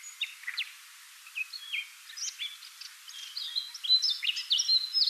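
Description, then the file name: Eurasian Blackcap song: varied warbled notes, quieter at first and growing louder toward the end. "Sylvia atricapilla"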